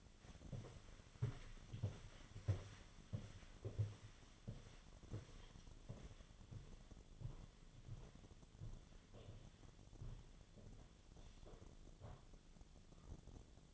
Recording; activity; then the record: daily activity, microphone in the room; walk to room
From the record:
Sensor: 4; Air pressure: 1010.9 hPa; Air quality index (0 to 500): 162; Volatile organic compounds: 4 ppm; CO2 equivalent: 1646 ppm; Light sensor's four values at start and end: 42/118/48/49 and 44/125/50/52